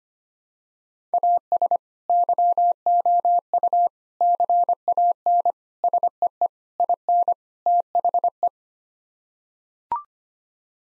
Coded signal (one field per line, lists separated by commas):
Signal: Morse code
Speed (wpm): 25 wpm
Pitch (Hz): 700 Hz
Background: none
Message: AS YOU CAN SEE IN THE